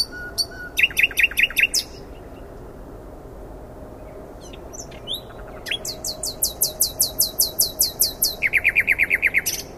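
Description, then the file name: Common nightingale singing: a quick stuttered phrase, a quiet interval with faint notes, then a long series of loud repeated notes that shifts into a lower rapid trill. "Luscinia megarhynchos"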